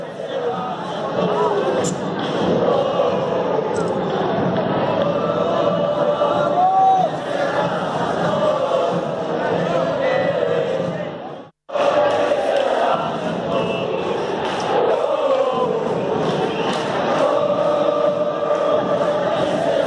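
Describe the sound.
A large protest crowd, marching past the Ministry of Social Development toward the barrier on Avenida 9 de Julio, chants "Que se vayan todos" together in a loud, continuous roar of massed voices that holds steady for the whole stretch, broken only by a brief sudden cutout partway through.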